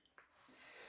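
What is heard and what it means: A metal-and-plastic snap fastener on the closure of a fabric skirt, just taken off, is pressed together by hand to close it. One short, sharp click lands at 0.2 s, followed by a steady broadband hiss that slowly rises to the end. The snap clicks shut and is seated.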